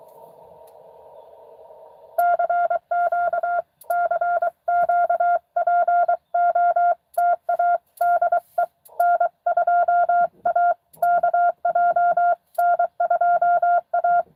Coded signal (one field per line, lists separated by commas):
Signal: Morse code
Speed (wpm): 25 wpm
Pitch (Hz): 700 Hz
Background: none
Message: CQ CQ POTA DE N2AKJ N2A